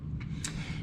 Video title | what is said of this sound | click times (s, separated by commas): LEGO Creator 3 in 1 Set #31097 Townhouse Pet Shop and Cafe | it just snaps right in there | 0.4 s